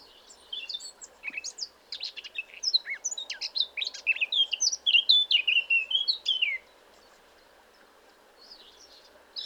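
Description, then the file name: Eurasian blackcap song, a long muttered twittering warble that grows louder and finishes in bright fluty whistles, then near quiet with a faint note at the end. "Sylvia atricapilla"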